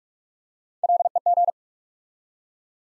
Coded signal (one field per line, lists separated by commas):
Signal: Morse code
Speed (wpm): 44 wpm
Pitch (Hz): 700 Hz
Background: none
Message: LEG